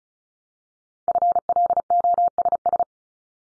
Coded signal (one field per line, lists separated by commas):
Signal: Morse code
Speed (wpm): 36 wpm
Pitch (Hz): 700 Hz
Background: none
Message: FLOSS